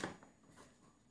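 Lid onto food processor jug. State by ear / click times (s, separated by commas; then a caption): not seated / none. The lid of a Monsieur Cuisine Plus (Lidl Silvercrest) food processor is being set on the jug and turned to lock it. A brief handling knock at about 0.0 s is followed by faint scraping and rubbing, with a burst of noise right at the end. Nothing has seated or clicked yet.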